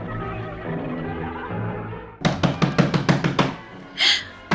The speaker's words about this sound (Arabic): مين بيخبط علينا الساعة دي؟ وإزاي يخبط بالطريقة الغريبة؟ افتح الباب يا شحاتة